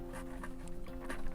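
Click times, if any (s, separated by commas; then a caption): none. The OEM-radio end of a plastic multi-pin retrofit harness connector for an Apple CarPlay / Android Auto install on a GLC/C-Class is handled and pushed toward the socket the factory plug came out of. Brief scuffs and light taps sound over a steady tonal hum. Nothing has seated or clicked yet.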